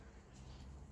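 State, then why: Not seated. A plastic retaining clip with a locator tang for the groove is being handled and pushed down onto the carbon fiber gear knob assembly on the gear shifter of a Focus XR5 Turbo RS mk2. A steady low rumble and faint handling noise continue throughout, with no sharp transients. Nothing has seated or clicked yet.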